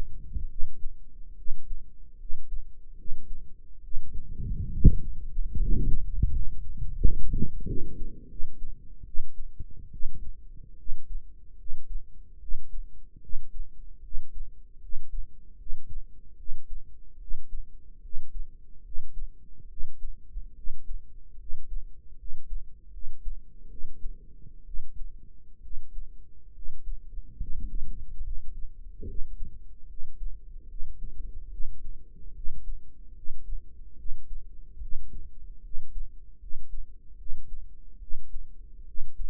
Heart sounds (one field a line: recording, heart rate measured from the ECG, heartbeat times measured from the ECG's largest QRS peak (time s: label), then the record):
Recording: heart sounds by microphone in the right ear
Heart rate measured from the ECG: 73 bpm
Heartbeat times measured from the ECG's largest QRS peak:
0.47 s: heartbeat
1.35 s: heartbeat
2.17 s: heartbeat
2.95 s: heartbeat
3.81 s: heartbeat
4.70 s: heartbeat
5.57 s: heartbeat
6.30 s: heartbeat
7.01 s: heartbeat
7.65 s: heartbeat
8.28 s: heartbeat
9.04 s: heartbeat
9.90 s: heartbeat
10.76 s: heartbeat
11.56 s: heartbeat
12.39 s: heartbeat
13.20 s: heartbeat
14.01 s: heartbeat
14.79 s: heartbeat
15.57 s: heartbeat
16.36 s: heartbeat
17.18 s: heartbeat
18.01 s: heartbeat
18.82 s: heartbeat
19.67 s: heartbeat
20.54 s: heartbeat
21.37 s: heartbeat
22.16 s: heartbeat
22.90 s: heartbeat
23.68 s: heartbeat
24.64 s: heartbeat
25.60 s: heartbeat
26.52 s: heartbeat
27.37 s: heartbeat
28.22 s: heartbeat
29.05 s: heartbeat
29.87 s: heartbeat
30.67 s: heartbeat
31.49 s: heartbeat
32.33 s: heartbeat
33.13 s: heartbeat
33.96 s: heartbeat
34.79 s: heartbeat
35.61 s: heartbeat
36.38 s: heartbeat
37.16 s: heartbeat
37.98 s: heartbeat
38.84 s: heartbeat
From the record:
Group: healthy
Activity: rest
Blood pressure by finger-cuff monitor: 112/75 mmHg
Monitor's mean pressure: 86 mmHg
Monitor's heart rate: 73 bpm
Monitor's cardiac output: 5.5 L/min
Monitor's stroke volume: 75 mL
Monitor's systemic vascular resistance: 1120 dyn s/cm5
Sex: male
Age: 21 years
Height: 170 cm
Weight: 71 kg